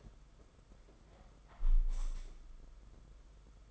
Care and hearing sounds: daily activity, microphone in the room; close window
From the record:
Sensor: 5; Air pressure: 991.4 hPa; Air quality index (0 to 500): 105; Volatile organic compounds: 21 ppm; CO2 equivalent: 2736 ppm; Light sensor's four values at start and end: 39/126/47/51 and 39/125/47/51

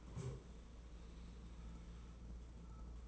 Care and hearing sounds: daily activity, microphone in the room; stand up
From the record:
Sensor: 1

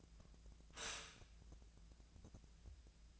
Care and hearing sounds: daily activity, microphone in the room; stop toaster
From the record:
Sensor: 2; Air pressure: 1000.1 hPa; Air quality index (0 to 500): 151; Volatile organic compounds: 2 ppm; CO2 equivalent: 1278 ppm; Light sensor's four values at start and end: 24/60/25/28 and 24/61/26/28

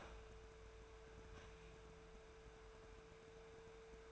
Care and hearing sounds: daily activity, microphone in the room; open fridge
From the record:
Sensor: 2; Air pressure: 1014.8 hPa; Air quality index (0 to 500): 194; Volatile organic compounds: 17 ppm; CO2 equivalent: 2572 ppm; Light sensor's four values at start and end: 8/20/8/8 and 8/20/8/8

